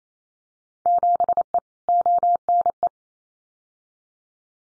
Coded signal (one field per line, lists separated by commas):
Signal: Morse code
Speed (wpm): 28 wpm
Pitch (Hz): 700 Hz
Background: none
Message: 7E ONE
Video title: Field Day Exchange Encore 28wpm